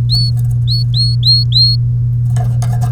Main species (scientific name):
Serinus canaria